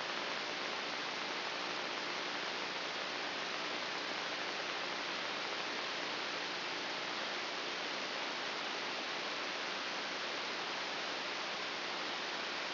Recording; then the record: brain microelectrode recording played as sound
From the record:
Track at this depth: inside the subthalamic nucleus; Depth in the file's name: 3.502 mm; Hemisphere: left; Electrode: 2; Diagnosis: Parkinson's disease